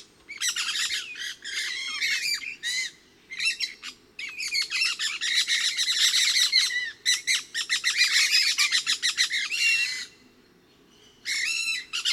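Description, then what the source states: Pyrrhura parakeets in sustained loud chatter, dense raspy screeches from several birds, a brief lull, then renewed calling. Resident flock of about 8 birds moving 20-25 m up in trees within the station clearing, about 30 m away; about 12:20 p.m., partly cloudy and hot (upper 80s, thermometer about 92).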